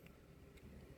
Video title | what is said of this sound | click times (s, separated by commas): HOW TO TRANSFORM the Studio Series: The Movie: Sunstreaker | Just lock it in place, | 0.1 s